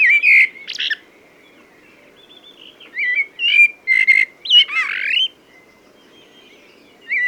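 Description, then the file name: Common blackbird warbling in short fluted bursts, some with rising, slurred whistles and scratchy high tails, broken by pauses of one to two seconds. "Turdus merula"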